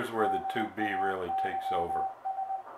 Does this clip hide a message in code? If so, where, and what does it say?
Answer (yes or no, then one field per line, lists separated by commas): yes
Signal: Morse code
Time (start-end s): 0.2-2.6 s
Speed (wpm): 21 wpm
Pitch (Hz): 770 Hz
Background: speech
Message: DAYS